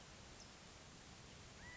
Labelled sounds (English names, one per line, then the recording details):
California Quail
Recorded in Sonoma County, California